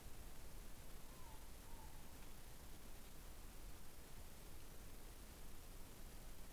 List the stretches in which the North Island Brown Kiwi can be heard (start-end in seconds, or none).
none